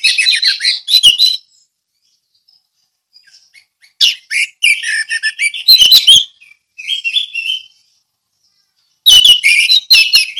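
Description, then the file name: Orange-headed thrush song: bursts of chattering, warbled notes separated by pauses, with a lilting whistled phrase among them. Ngeplong song style. "anis merah ngeplong"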